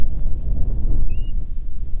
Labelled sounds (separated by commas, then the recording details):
bird, wind
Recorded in the Prudhoe Bay oil fields, Alaska, on 10 July 2019 at 09:43
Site 11